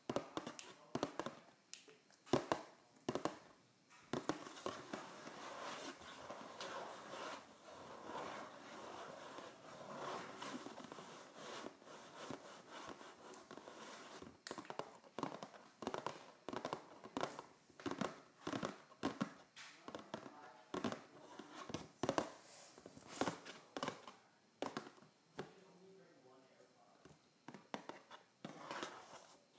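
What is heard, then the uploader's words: Someone scratches and taps a cardboard box, a dense run of dry rasping strokes with sharp knocks scattered throughout. Around the middle the scratching grows steadier and continuous, then gives way to more frequent, uneven taps near the end. ASMR Scratching and Tapping a Cardboard Box.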